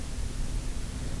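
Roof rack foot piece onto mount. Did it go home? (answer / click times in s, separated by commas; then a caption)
no / none. A Yakima roof rack foot piece's base clip is pushed into the slot on the bottom of its mount on a 2019 Hyundai Santa Fe. Only steady broadband noise with low rumble is heard. Nothing has clicked yet; the clip fails to seat, so the piece has to be lowered a little.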